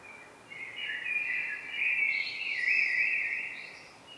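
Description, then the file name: Common blackbird: one long, loud, flowing warbled phrase with fluted notes and thin high overtones, fading at the close. "Turdus merula"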